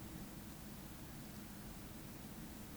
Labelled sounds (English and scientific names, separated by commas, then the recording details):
Eurasian Woodcock (Scolopax rusticola) whistle
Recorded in Baden-Württemberg, Germany, on 14 May 2021 at 19:45 UTC
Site 25175, 602 m above sea level